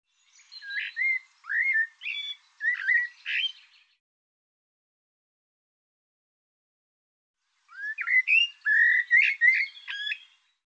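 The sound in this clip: Bird song, two phrases of sharp, upslurred whistles, several notes each, separated by a silent gap of about four seconds.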